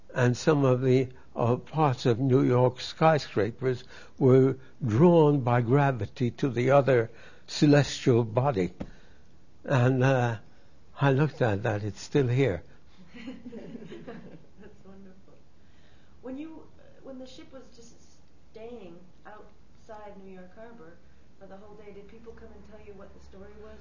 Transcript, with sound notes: and some of the parts of New York skyscrapers were drawn by gravity to the other celestial body. And, uh, I looked at that, it's still here.
(She laughs.) That's wonderful. When you, when the ship was just staying outside New York harbor for the whole day, did people come and tell you what the story was, why?